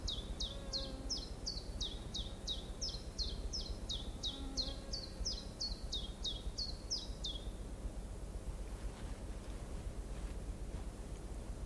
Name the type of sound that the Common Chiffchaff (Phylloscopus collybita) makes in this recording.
song